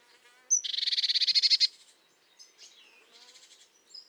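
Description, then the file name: Eurasian blue tit giving one rapid, buzzy churr of many scratchy pulses lasting just over a second, with thin high chips before and after. "Cyanistes caeruleus"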